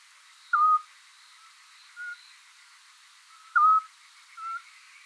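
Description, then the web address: Eurasian scops owl calling: a clear short whistle repeated about every three seconds, each followed by a softer note. "otus scops call"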